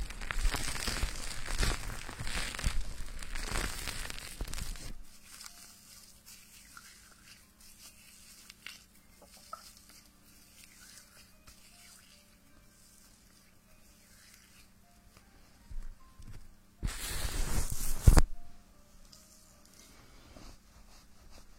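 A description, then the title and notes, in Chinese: Hair being washed, with fingers scratching through thick foam. A dense, crackling rush of lather fills the first five seconds, then drops to soft, scattered fizzing over a steady low hum. Another loud burst of scratching comes around seventeen seconds before it quiets again. 洗头发 纯泡沫挠头音。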